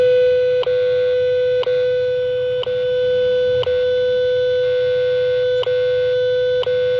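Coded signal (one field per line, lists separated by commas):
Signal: radio time signal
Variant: WWV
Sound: steady 500 Hz tone broken by short clock ticks every second, one tick skipped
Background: radio static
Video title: WWV 25.000 MHz AM Full Scale Signal! Cobra HA-TA CB Antenna - 3 September 2024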